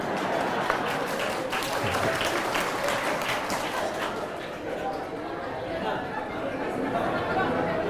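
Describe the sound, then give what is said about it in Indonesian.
An audience at a tabligh akbar for the Ar-Rabbani wa Nasabah pesantren applauds steadily in unison for several seconds, a dense wash of many hands with sharper individual claps standing out early on, and crowd voices murmur underneath. “Yang sudah, kalau mau tepuk tangan serentak, jangan satu-satu.”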